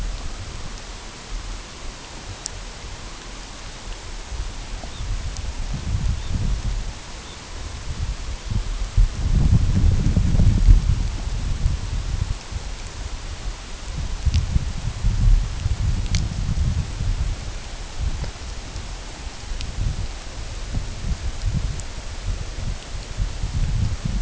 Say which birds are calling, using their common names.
Red Phalarope